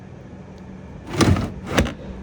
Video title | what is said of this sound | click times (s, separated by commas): Swift Gazelle w’ Handover video | push that all the way back in until it clicks like you just heard there and then shut the door | 1.2 s, 1.8 s